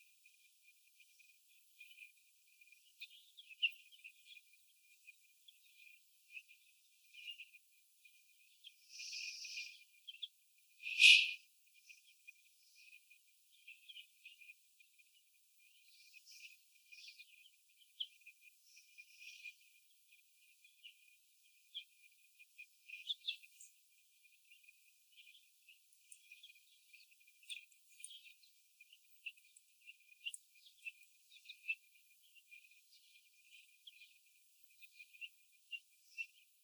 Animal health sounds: young laying hens in a cage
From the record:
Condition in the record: after the stressor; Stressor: sudden umbrella opening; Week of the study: 2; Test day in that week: 1

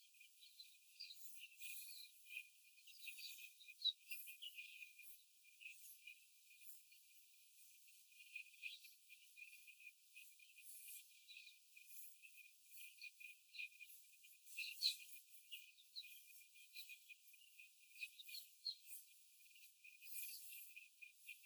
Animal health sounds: young laying hens in a cage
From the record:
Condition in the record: after the stressor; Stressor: simulated dog barking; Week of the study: 4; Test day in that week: 1

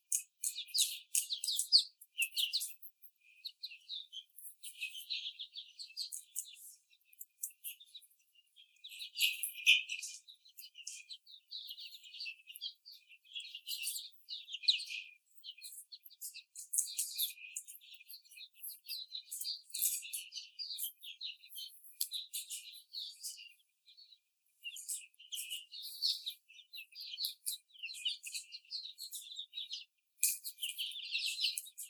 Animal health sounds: young laying hens in a cage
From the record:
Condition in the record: before the stressor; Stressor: sudden umbrella opening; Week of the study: 3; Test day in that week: 2

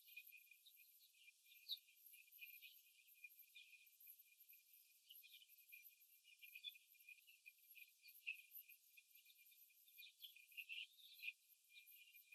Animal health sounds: young laying hens in a cage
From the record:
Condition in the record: after the stressor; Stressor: simulated dog barking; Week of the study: 3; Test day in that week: 2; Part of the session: 1

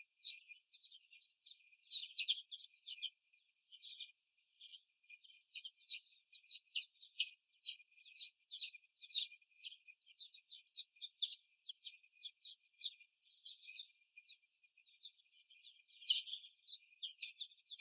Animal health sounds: young laying hens in a cage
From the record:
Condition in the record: after the stressor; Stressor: simulated dog barking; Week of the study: 1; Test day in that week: 2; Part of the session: 1

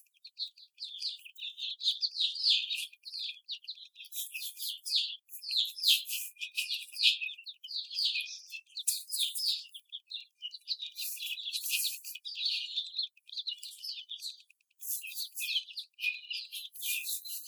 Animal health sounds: young laying hens in a cage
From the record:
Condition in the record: after the stressor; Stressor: simulated dog barking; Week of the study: 4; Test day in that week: 2

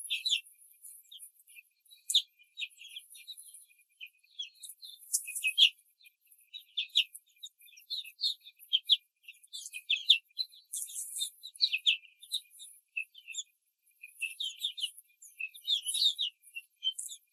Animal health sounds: young laying hens in a cage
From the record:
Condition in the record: control cage, before the stress test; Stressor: none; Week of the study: 4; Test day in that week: 3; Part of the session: 2

